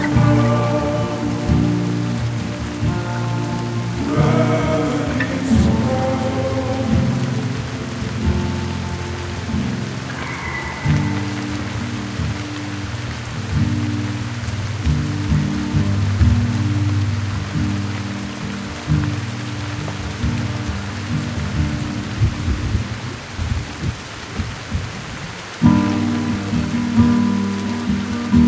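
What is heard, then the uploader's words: Rain falls steadily, a soft even hiss behind everything. Low, sustained droning tones dominate the foreground, shifting to new pitches around four, eleven and twenty-five seconds, with a brighter, thinner passage just before the last change. Its raining.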